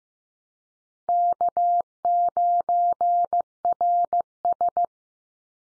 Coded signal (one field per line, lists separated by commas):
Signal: Morse code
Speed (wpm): 15 wpm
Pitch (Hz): 700 Hz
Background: none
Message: K9RS